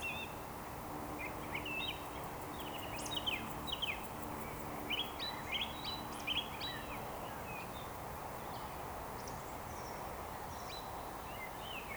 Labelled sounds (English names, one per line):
Eurasian Woodcock